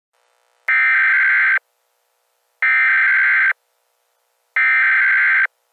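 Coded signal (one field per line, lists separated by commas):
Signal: Emergency Alert System (SAME) tones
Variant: header bursts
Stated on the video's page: Fictional EAS scenario made with PowerPoint.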